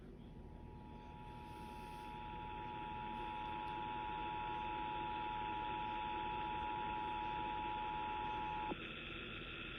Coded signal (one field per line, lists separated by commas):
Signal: Emergency Alert System (SAME) tones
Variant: 853 and 960 Hz attention tone